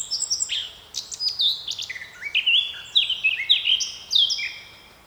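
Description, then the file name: Eurasian blackcap song: lively warble of quick chattering notes flowing into loud, clear fluty whistles, ending in a trailing phrase. "Sylvia atricapilla"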